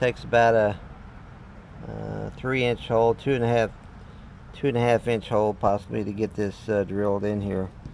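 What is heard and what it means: A shore power inlet fitting is handled at a two-and-a-half to three-inch hole to be drilled in the truck wall, where it is meant to lock in place and be secured by a small tightener. Someone talks throughout over a low background hum. Nothing has seated or clicked yet.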